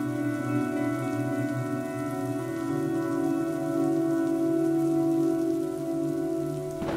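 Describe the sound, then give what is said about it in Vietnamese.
Heavy rain pours down outside, growing heavier, in a steady, unbroken hiss for the whole stretch, with a low sustained drone humming underneath and no voices. “Bên ngoài kia, cơn mưa mỗi lúc một đương lớn dần.”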